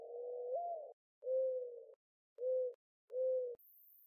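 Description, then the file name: Mourning dove cooing: a longer first note with a slight rise, followed by three shorter, soft, steady hooting notes with short gaps between them. "Zenaida macroura vocalizations"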